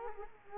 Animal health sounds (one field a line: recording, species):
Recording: mosquito wingbeat signal from an infrared sensor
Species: Culex quinquefasciatus